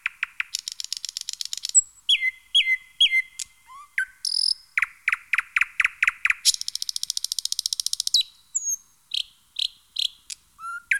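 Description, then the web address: Thrush nightingale song full of variety: a fast rattle, repeated whistles, loud evenly spaced clacks, another long rattle, then scattered sharp notes. "chants d'oiseaux Jean C Roche - Rossignol progne"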